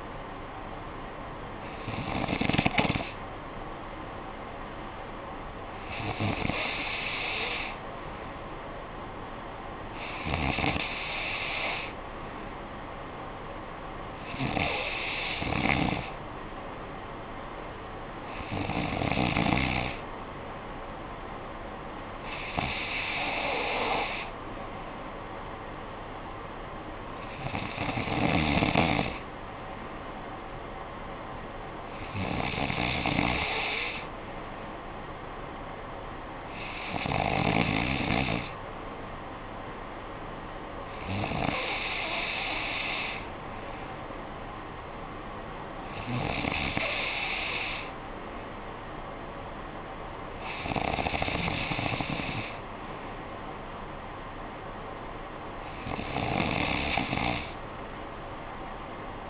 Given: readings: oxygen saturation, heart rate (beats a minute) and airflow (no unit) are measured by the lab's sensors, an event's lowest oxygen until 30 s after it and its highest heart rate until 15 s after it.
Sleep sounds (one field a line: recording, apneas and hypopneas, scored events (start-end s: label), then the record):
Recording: breathing in sleep by a voice recorder at the bedside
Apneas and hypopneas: none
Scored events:
none scored
From the record:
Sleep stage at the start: N3 (deep sleep)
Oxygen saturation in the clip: 93 to 94%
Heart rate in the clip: 56 to 63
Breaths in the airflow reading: 13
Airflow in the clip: -9.8 to 5.7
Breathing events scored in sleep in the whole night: 445 in 7.6 hours asleep